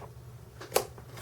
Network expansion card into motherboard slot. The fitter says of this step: gonna push down one side and hear it click and